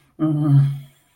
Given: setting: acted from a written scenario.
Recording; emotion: vocal sound without words; anger